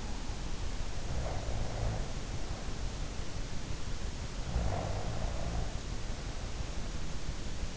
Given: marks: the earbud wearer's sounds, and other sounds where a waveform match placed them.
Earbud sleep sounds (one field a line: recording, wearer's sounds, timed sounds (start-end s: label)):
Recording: sounds in sleep by an in-ear microphone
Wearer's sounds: snoring breath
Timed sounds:
0.76-2.30 s: snoring breath
4.32-5.94 s: snoring breath